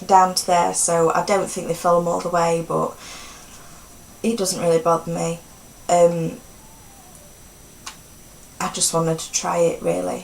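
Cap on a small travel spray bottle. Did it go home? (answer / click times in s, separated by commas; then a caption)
yes / 7.9 s. A cap on a small plastic travel spray bottle is closed or twisted until it locks into place so it won't leak when travelling, giving a single short sharp tick at 7.9 s. Someone talks before and after the click, and the cap is seated.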